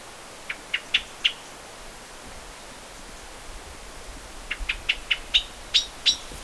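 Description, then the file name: Common blackbird calling with sharp, clicking chink notes: a short run of four, a pause, then a longer series of several. "Turdus merula"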